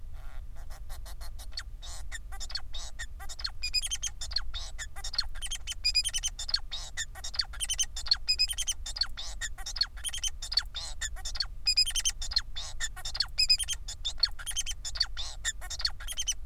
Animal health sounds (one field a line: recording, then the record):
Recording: song of a male Bengalese finch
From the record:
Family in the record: son of father 4